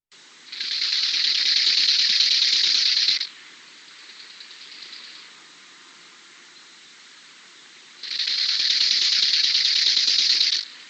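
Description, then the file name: Stripe-winged grasshopper stridulating in two long, dense, hissing buzzes of about three seconds each, separated by a softer, shorter buzz and a pause, over faint low background noise. "Sarance carkovana"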